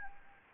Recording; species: mosquito wingbeat signal from an infrared sensor; Anopheles gambiae